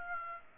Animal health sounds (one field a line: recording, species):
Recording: mosquito wingbeat signal from an infrared sensor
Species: Aedes aegypti